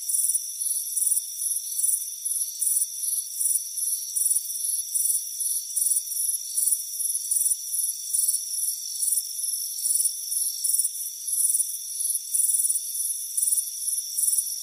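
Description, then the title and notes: Steady cricket chirps, shrill pulsed trills recurring at a fairly even pace, with a level high insect hum underneath. Crickets chirping on a warm afternoon on a front porch. "Soothing Crickets Chirping Sound. It's a warm afternoon as you relax in a hammock on the front porch. Relax and fall asleep to the soothing sound of chirping crickets. Deep Sleep Sounds"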